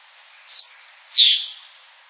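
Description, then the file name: Red-headed manakin giving two brief, high, sharp call notes, a faint one followed by a louder one about half a second later. "cabeca encarnada"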